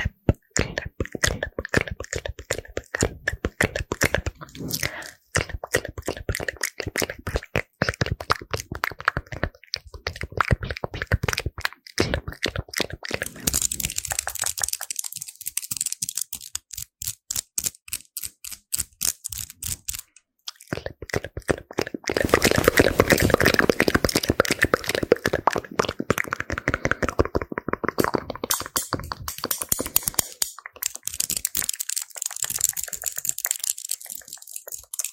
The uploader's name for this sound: FAST AND AGGRESSIVE ASMR(with Mouth Sounds)